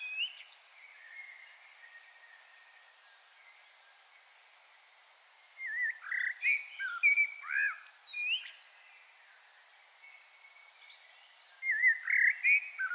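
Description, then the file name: Common blackbird song: rich fluted phrases with rising and falling notes, given twice over a steady hiss of background noise. "Turdus merula"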